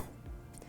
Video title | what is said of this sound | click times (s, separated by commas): Exploring Ways to Use the Bi Level Foot | you will hear it lock and place and you're ready to go | 0.6 s